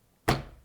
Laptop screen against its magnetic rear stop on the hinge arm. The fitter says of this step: is also this magnetic like when you push it to the back it snaps